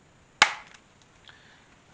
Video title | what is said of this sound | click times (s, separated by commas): Leather Coaster Set | i'm sure you heard that snap | 0.4 s